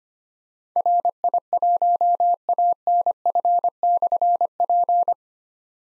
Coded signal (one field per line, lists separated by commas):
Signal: Morse code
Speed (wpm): 25 wpm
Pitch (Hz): 700 Hz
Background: none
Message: RI1ANF/P